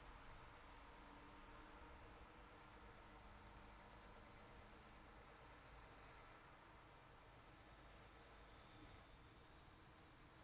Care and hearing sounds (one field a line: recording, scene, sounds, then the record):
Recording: everyday scene through a hearing-aid microphone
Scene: in traffic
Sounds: traffic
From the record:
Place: city secondary road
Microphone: in the ear canal, right